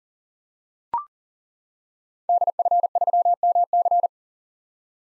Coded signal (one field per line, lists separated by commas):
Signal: Morse code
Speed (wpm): 40 wpm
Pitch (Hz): 700 Hz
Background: none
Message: DF3MC